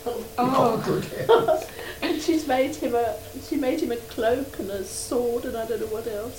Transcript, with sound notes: Aw!
Oh, good heavens!.
[laughs] And she's made him a, she made him a cloak and a sword and I don't know what else.